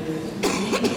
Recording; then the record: coughing mixed with background sound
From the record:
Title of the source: 64 coughing, allergies, singing lungs